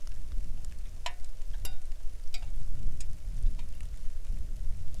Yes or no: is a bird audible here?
no